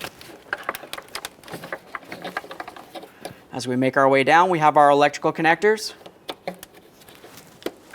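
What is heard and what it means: Someone handles the wiring harness and its electrical connector for the lower washer pump on a 2011–2021 Jeep Grand Cherokee windshield washer reservoir, making brief sharp taps and rustles while someone talks midway through. The connector has not been pressed in yet, so nothing has clicked or seated.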